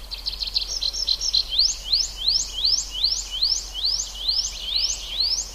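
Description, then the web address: Tree pipit song opening with quick chipping notes, then a steady series of thin rising upslurred notes, about three each second, with soft hiss behind. "ljud Anthus trivialis"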